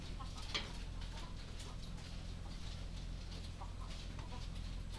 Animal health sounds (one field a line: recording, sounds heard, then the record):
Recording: poultry house recording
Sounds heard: sick chickens (respiratory disease)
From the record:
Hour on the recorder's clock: 22